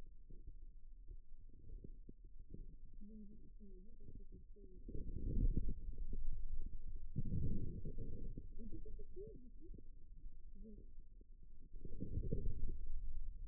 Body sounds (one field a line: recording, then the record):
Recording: forearm muscle sounds (acoustic myography)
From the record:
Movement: inward rotation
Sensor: system 2, bracelet of six BSWA MPA416 microphones around the upper forearm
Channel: 1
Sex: male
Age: 22 years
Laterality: right